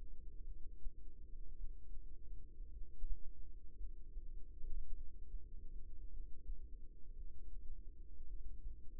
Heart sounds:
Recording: heart sounds by microphone in the right ear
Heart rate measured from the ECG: 54 bpm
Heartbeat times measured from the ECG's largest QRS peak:
0.45 s: heartbeat
1.56 s: heartbeat
2.70 s: heartbeat
3.76 s: heartbeat
4.93 s: heartbeat
6.09 s: heartbeat
7.15 s: heartbeat
8.25 s: heartbeat
From the record:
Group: healthy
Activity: rest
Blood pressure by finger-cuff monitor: 94/65 mmHg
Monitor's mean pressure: 74 mmHg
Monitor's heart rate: 54 bpm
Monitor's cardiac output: 4.1 L/min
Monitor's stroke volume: 76 mL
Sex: female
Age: 36 years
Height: 163 cm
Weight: 88 kg

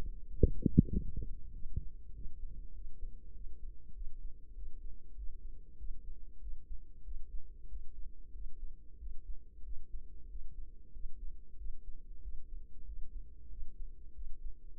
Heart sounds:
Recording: heart sounds by microphone in the right ear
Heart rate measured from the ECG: 95 bpm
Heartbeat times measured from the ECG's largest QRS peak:
0.24 s: heartbeat
0.86 s: heartbeat
1.49 s: heartbeat
2.09 s: heartbeat
2.69 s: heartbeat
3.30 s: heartbeat
3.90 s: heartbeat
4.51 s: heartbeat
5.12 s: heartbeat
5.74 s: heartbeat
6.37 s: heartbeat
7.00 s: heartbeat
7.65 s: heartbeat
8.29 s: heartbeat
8.95 s: heartbeat
9.60 s: heartbeat
10.25 s: heartbeat
10.89 s: heartbeat
11.54 s: heartbeat
12.18 s: heartbeat
12.82 s: heartbeat
13.46 s: heartbeat
14.10 s: heartbeat
14.75 s: heartbeat
From the record:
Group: healthy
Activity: cold pressor test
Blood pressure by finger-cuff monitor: 125/79 mmHg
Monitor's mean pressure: 95 mmHg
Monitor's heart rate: 94 bpm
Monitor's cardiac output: 7.4 L/min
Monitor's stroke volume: 79 mL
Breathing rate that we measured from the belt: 24 breaths a minute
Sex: female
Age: 32 years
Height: 172 cm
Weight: 71.7 kg

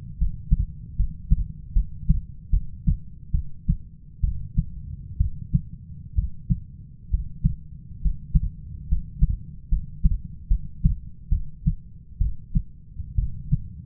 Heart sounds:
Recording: heart sounds by stethoscope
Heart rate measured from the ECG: 69 bpm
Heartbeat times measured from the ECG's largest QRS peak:
0.18 s: heartbeat
0.96 s: heartbeat
1.73 s: heartbeat
2.50 s: heartbeat
3.32 s: heartbeat
4.21 s: heartbeat
5.18 s: heartbeat
6.15 s: heartbeat
7.10 s: heartbeat
8.01 s: heartbeat
8.88 s: heartbeat
9.69 s: heartbeat
10.48 s: heartbeat
11.29 s: heartbeat
12.18 s: heartbeat
13.15 s: heartbeat
From the record:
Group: healthy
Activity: rest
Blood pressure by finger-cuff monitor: 143/73 mmHg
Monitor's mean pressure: 91 mmHg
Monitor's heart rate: 70 bpm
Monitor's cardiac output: 6.1 L/min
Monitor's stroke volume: 87 mL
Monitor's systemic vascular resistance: 1090 dyn s/cm5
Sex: female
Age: 37 years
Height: 168 cm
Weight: 70 kg

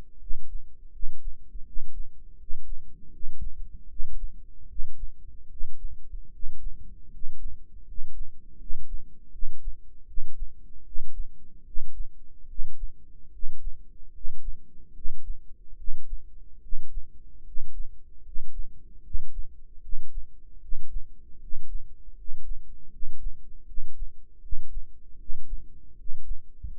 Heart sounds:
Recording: heart sounds by microphone in the right ear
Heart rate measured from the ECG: 77 bpm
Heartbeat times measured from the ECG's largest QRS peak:
0.18 s: heartbeat
0.91 s: heartbeat
1.64 s: heartbeat
2.36 s: heartbeat
3.10 s: heartbeat
3.87 s: heartbeat
4.66 s: heartbeat
5.48 s: heartbeat
6.30 s: heartbeat
7.09 s: heartbeat
7.84 s: heartbeat
8.57 s: heartbeat
9.30 s: heartbeat
10.05 s: heartbeat
10.83 s: heartbeat
11.63 s: heartbeat
12.46 s: heartbeat
13.30 s: heartbeat
14.11 s: heartbeat
14.92 s: heartbeat
15.75 s: heartbeat
16.60 s: heartbeat
17.43 s: heartbeat
18.22 s: heartbeat
19.01 s: heartbeat
19.80 s: heartbeat
20.59 s: heartbeat
21.38 s: heartbeat
22.14 s: heartbeat
22.89 s: heartbeat
23.65 s: heartbeat
24.40 s: heartbeat
25.16 s: heartbeat
25.95 s: heartbeat
26.70 s: heartbeat
From the record:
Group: healthy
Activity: rest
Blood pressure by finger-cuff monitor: 109/74 mmHg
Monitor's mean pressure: 81 mmHg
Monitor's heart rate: 76 bpm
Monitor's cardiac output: 6.1 L/min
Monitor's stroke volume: 79 mL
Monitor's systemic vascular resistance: 960 dyn s/cm5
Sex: male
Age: 35 years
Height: 180 cm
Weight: 86.9 kg

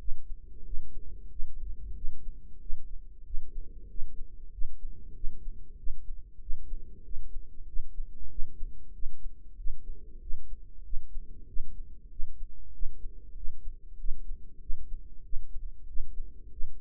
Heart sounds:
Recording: heart sounds by microphone in the right ear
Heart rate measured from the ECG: 95 bpm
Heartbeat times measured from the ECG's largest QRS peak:
0.65 s: heartbeat
1.30 s: heartbeat
1.95 s: heartbeat
2.60 s: heartbeat
3.25 s: heartbeat
3.88 s: heartbeat
4.52 s: heartbeat
5.14 s: heartbeat
5.77 s: heartbeat
6.40 s: heartbeat
7.03 s: heartbeat
7.67 s: heartbeat
8.29 s: heartbeat
8.93 s: heartbeat
9.57 s: heartbeat
10.21 s: heartbeat
10.84 s: heartbeat
11.47 s: heartbeat
12.10 s: heartbeat
12.73 s: heartbeat
13.35 s: heartbeat
13.98 s: heartbeat
14.61 s: heartbeat
15.24 s: heartbeat
15.87 s: heartbeat
16.51 s: heartbeat
From the record:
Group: healthy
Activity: rest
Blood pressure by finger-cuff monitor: 119/74 mmHg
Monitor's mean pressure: 89 mmHg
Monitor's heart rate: 95 bpm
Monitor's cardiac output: 6.4 L/min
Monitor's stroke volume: 67 mL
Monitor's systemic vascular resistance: 1020 dyn s/cm5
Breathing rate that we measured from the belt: 19 breaths a minute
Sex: female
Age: 43 years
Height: 160 cm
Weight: 90 kg

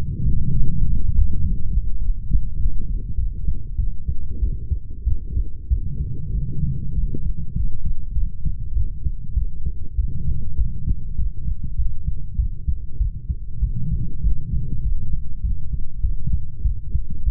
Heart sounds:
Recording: heart sounds by stethoscope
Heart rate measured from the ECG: 99 bpm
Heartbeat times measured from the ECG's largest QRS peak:
0.24 s: heartbeat
0.84 s: heartbeat
1.42 s: heartbeat
2.00 s: heartbeat
2.58 s: heartbeat
3.16 s: heartbeat
3.77 s: heartbeat
4.40 s: heartbeat
5.05 s: heartbeat
5.69 s: heartbeat
6.33 s: heartbeat
6.94 s: heartbeat
7.55 s: heartbeat
8.14 s: heartbeat
8.74 s: heartbeat
9.35 s: heartbeat
9.97 s: heartbeat
10.57 s: heartbeat
11.17 s: heartbeat
11.77 s: heartbeat
12.37 s: heartbeat
12.99 s: heartbeat
13.61 s: heartbeat
14.22 s: heartbeat
14.83 s: heartbeat
15.42 s: heartbeat
16.02 s: heartbeat
16.63 s: heartbeat
17.25 s: heartbeat
From the record:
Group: healthy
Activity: light exercise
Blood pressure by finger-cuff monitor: 130/46 mmHg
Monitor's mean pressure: 76 mmHg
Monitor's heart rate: 98 bpm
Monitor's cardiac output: 12.8 L/min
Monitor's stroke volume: 127 mL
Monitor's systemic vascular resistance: 370 dyn s/cm5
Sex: female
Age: 32 years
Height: 168 cm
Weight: 61.9 kg

